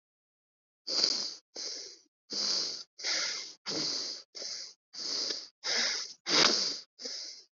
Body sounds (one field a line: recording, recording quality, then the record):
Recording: shallow breathing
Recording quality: excellent, no background noise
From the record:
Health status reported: healthy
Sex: male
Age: 24 years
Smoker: no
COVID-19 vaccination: both doses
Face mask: worn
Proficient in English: yes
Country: India